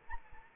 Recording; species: mosquito wingbeat signal from an infrared sensor; Anopheles arabiensis